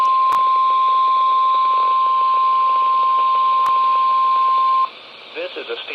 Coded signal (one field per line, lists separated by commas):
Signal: Emergency Alert System (SAME) tones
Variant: 1050 Hz attention tone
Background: speech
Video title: EAS Flood Warning #2 (From LWX) 7/14/25 (Credit Goes To @SouthernPennsylvaniaWX)